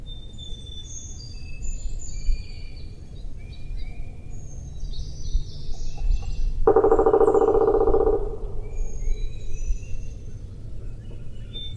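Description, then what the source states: Woodpecker drumming: one rapid roll of taps lasting about one and a half seconds, with thin high songs of other birds and a low steady rumble behind. In Flat Rock on June 6.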